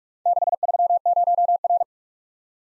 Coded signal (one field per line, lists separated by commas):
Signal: Morse code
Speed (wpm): 44 wpm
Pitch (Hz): 700 Hz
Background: none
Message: 630R